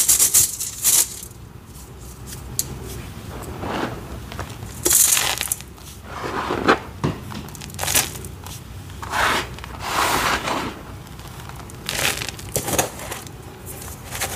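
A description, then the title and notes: Soft dyed gym chalk is crushed in a series of crunchy, flaky breaks, each a short bright burst with a gritty crumbling tail. The crunches come irregularly, about every second or two, over a steady low rumble and faint rustling between them. Black Dyed Chalk Crush. Satisfying Soft Flaky Crunchy Dyed Gym Chalk Crushing.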